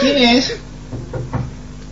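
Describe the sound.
A voice speaks briefly, then falls silent before three dull knocks on a door sound in quick, slightly uneven succession, moderately loud against a quiet background.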